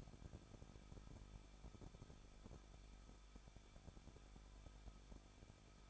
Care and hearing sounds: daily activity, microphone in the room; no activity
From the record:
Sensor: 5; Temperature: 20.8 degrees Celsius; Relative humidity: 38.3%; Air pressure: 1006.6 hPa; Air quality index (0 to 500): 186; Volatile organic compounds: 18 ppm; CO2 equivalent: 2609 ppm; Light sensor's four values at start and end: 2/3/1/1 and 2/3/1/1

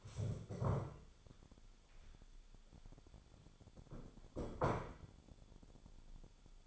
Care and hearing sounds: daily activity, microphone in the room; stand up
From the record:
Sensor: 5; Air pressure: 1015.4 hPa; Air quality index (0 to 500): 178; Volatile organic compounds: 6 ppm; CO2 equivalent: 1929 ppm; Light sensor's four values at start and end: 37/84/34/33 and 37/83/34/33

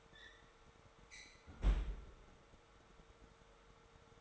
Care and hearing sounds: daily activity, microphone in the room; close fridge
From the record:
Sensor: 3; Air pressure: 1015.0 hPa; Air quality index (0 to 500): 200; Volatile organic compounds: 29 ppm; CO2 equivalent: 2927 ppm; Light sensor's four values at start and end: 37/93/40/43 and 37/93/40/43

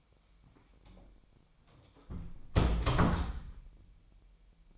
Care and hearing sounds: daily activity, microphone in the room; close door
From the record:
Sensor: 1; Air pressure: 1007.2 hPa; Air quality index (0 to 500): 198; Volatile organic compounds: 20 ppm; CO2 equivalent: 2674 ppm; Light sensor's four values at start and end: 13/34/14/15 and 13/33/13/15

